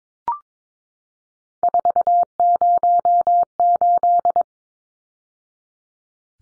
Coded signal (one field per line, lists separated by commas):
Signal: Morse code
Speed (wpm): 22 wpm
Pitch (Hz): 700 Hz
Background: none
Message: 408